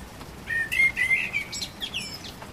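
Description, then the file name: Common blackbird singing one mellow warbled phrase that slides up into thin, high twittering notes. Recorded on 12 April 2010. "Amsel 20100412"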